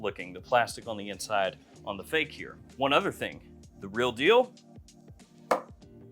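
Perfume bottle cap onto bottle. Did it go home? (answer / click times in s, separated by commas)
yes / 5.5 s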